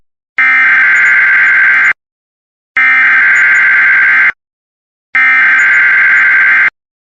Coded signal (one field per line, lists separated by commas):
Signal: Emergency Alert System (SAME) tones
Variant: header bursts